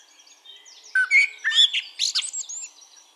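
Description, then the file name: Common blackbird giving a quick run of whistled and squeaky notes over thin, high background calls. "Turdus merula"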